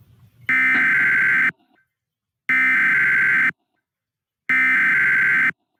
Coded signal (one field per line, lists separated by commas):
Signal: Emergency Alert System (SAME) tones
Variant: header bursts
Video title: EAS 101 Live Stream - How to make an EAS Mock